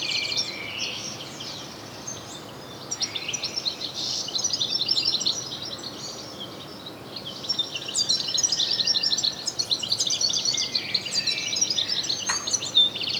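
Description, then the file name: European goldfinch calls, lively high twittering with buzzy trills, quieter in the middle and then building again into busy chatter. "Carduelis carduelis"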